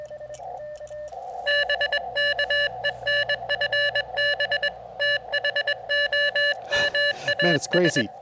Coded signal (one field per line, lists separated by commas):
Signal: Morse code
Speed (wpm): 21 wpm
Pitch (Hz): 1750 Hz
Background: speech, radio noise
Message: BKENFB THOMAS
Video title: Final Bug-Out Month Activation: Pairing a heavy bug with a lightweight QRP field radio kit!